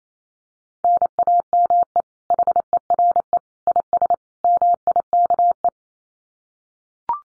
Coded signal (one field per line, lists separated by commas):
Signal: Morse code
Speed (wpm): 28 wpm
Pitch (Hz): 700 Hz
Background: none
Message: NAME HERE IS MIKE